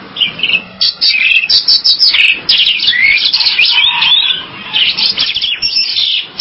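Bird song: high chirps with a run of quick, swooping whistled notes in the middle.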